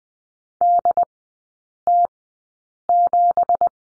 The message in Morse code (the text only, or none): DT7